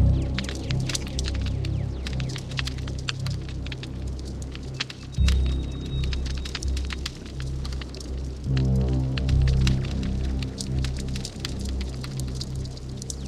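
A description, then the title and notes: A crackling campfire pops and snaps steadily throughout, sharp bright clicks scattered densely over the whole 13 seconds. Underneath, deep bass notes hold in long blocks, shifting to new pitches around the five- and eight-and-a-half-second marks, with a faint thin tone near six seconds. 120 Campfire Minutes At Jaques' Twin Peaks Cabin. Campfire ambience with the twin peaks vibe.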